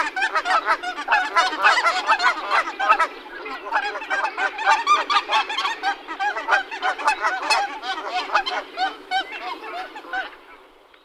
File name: Berneska velka Branta canadensis